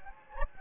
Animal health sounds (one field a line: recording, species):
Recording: mosquito wingbeat signal from an infrared sensor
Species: Anopheles gambiae